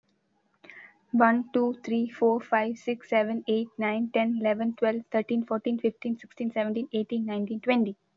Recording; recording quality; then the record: counting at a fast pace; excellent, no background noise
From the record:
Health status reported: healthy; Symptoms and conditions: none ticked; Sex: female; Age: 23 years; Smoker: not ticked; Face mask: not worn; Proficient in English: yes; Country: India